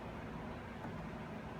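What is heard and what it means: The heavy steel hood of a 1970 Fiat Dino is being raised, with its support being handled toward its hold-open position. Only a steady, broadband low rumble is heard, with no sharp snap. Nothing has seated or clicked yet.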